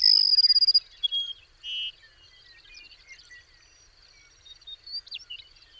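Bird song: a bright high whistle broken into quick pulses, then a few short notes and a buzzy burst, followed by softer scattered chirps over a faint steady high hiss.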